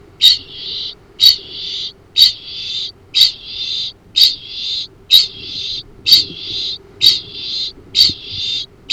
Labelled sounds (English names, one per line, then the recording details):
Kākāpō ching call
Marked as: faintness 2/5
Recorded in New Zealand
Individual Arab